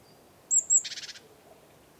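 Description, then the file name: Great tit call: two thin, very high notes followed by a short, harsh buzzy churr, then another high note begins at the end. "Parus major"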